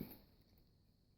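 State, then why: Not seated. A reset tool is handled at the reset slot of a combination lock, with a brief soft rustle at the start that fades into quiet low background noise. The tool has not yet gone home, and nothing has seated or clicked.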